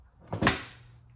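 An aftermarket Corbin seat is lowered onto a Ducati motorcycle and pushed into its lower mounting slot until the latch engages. Two sharp clicks sound at 0.3 s and 0.5 s, the second louder with a short decaying tail. The seat is latched in place with a tight, perfect fit.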